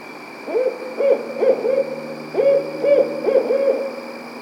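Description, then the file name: Barred owl giving two phrases of rhythmic, throaty hoots, each of several notes, over a low constant hum. "Barred Owl Strix varia"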